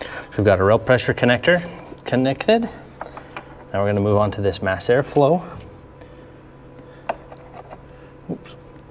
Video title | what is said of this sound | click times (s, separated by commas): EZX Installation for 2020-2022 3.0L GM Duramax | one end on to the connector it clicks close the keeper then we've got | 7.1 s